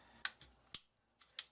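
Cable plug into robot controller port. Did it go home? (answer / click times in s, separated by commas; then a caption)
yes / 0.2 s. A cable plug with its clip facing up is pushed into port B of a robot controller brick, and it clicks into place at 0.3 s. Several other short, sharp clicks and ticks follow. The plug is seated.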